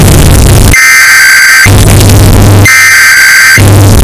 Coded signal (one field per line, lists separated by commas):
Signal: Emergency Alert System (SAME) tones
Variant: header bursts